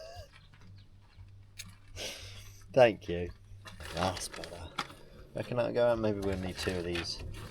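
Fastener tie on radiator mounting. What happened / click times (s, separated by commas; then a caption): Handled, not yet home: no clear seating click, mostly talk / none. During a roadside repair, a borrowed longer fastener (a cable tie or strap) is handled on a van's radiator mounting while someone talks, with a few faint brief knocks early on. Nothing has seated or clicked yet.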